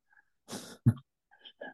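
A rasping throat clear, then one sharp single cough from an adult man, followed by faint throat noises.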